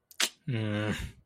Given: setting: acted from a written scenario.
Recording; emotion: vocal sound without words; anger